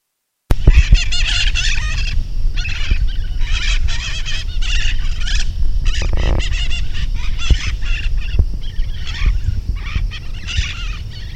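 Bird chatter: dense bursts of rapid, wavering high notes follow one another almost without pause, with faint low rumbling beneath.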